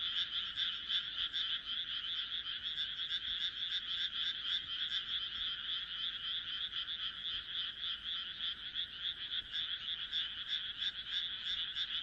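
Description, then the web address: Many frogs croaking at once, a steady throbbing wall of fast pulsed calls with slight swells in loudness. "kaeru kaeru"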